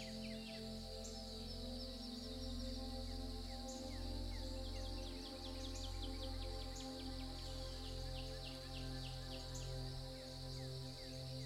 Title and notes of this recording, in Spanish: La MÚSICA Tierna y los Sonidos de la NATURALEZA. Melodías suaves y susurros naturales